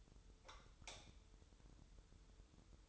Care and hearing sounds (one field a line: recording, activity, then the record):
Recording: daily activity, microphone in the room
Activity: light off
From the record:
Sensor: 3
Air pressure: 988.4 hPa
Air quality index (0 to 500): 192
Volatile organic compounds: 279 ppm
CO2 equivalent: 4434 ppm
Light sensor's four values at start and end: 10/28/11/11 and 8/19/8/8